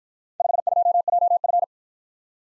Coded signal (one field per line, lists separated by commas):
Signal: Morse code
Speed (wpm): 53 wpm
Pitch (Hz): 700 Hz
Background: none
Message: 52JF